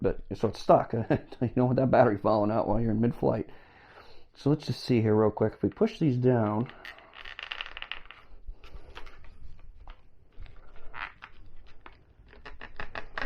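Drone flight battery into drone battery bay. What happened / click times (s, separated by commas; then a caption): Battery handled in its bay, not yet locked / none. Someone talks while handling a flight battery at the battery bay of a Skymark Pursuit GPS drone, checking it because it might fall out in mid-flight. After the talking, the battery latch tabs are pushed down, making a few quick light clicks and scrapes around 7.5 to 7.9 seconds and a short tap at the very end. Nothing has seated or locked yet.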